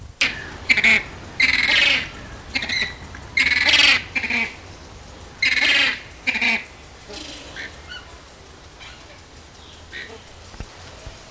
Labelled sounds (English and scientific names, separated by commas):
James's Flamingo (Phoenicoparrus jamesi) call